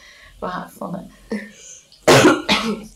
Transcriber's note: coughs